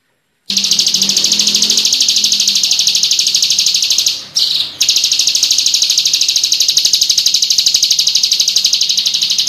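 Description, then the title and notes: Prinia giving a fast, even stream of high, buzzy notes after a moment of silence, briefly broken midway, then continuing steadily. Complete song of the prenjak, including the rolling song style called ngerol. "Suara Kicau Burung Prenjak Lengkap dan Ngerol"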